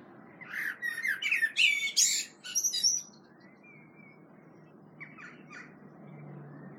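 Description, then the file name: Common blackbird warbles a quick phrase with scratchy high notes, followed by faint, scattered quieter sounds over a low background hum. "Turdus merula"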